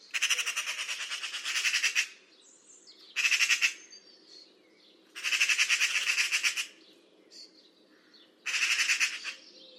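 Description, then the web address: Bird with loud, rasping, rapidly pulsed calls in four bouts of half a second to two seconds, with soft chirps between them. "cianscape birddata Deverinetal 2025 Bird Only More Classes Pi Pi Pi Pi"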